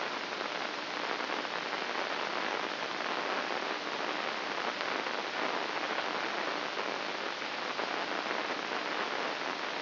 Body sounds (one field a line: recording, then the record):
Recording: brain microelectrode recording played as sound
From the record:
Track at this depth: outside the subthalamic nucleus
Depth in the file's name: 2.844 mm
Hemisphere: left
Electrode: 2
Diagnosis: Parkinson's disease